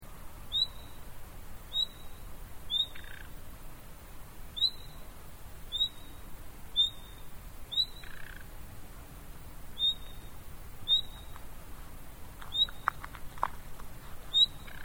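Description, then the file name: Common nightingale repeating a clipped high whistled call roughly once a second throughout, with occasional soft lower notes and clicks among the calls. "Luscinia megarhynchos"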